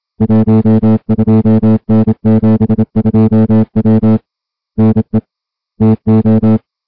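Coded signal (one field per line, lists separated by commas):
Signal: Morse code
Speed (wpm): 27 wpm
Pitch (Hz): 220 Hz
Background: music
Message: 12N72W NE TO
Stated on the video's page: High seas weather broadcast on 472 kHz from a historical radio society station licensed for 5 kW.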